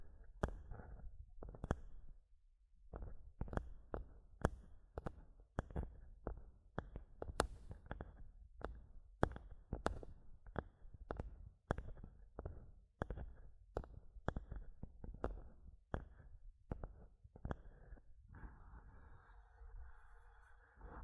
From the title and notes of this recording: ASMR Mic Tapping and Scratching (No Talking).